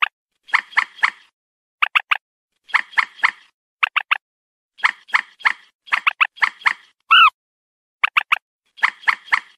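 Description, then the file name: Purple swamphen producing evenly spaced groups of three hoarse, honking clucks, with one brief higher whine partway through. "Tieng trich re keu"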